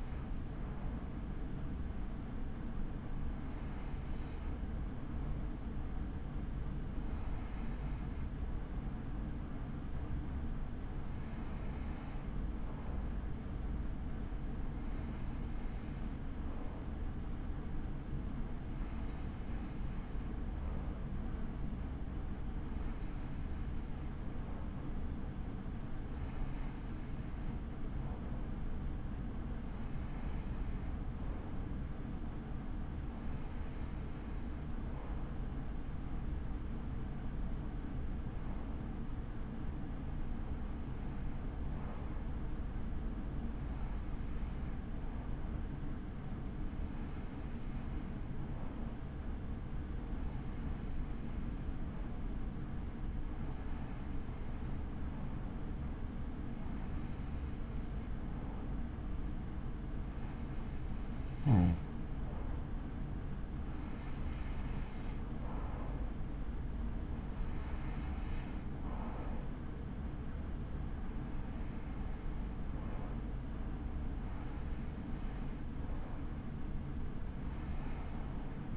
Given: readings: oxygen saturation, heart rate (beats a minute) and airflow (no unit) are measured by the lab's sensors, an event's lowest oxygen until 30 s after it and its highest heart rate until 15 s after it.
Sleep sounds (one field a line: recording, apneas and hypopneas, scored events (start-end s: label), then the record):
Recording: breathing in sleep by a smartphone at the bedside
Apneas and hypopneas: none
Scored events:
none scored
From the record:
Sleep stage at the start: N2 (light sleep)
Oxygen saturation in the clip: 94 to 95%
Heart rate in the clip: 37 to 62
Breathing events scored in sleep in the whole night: 83 in 6.1 hours asleep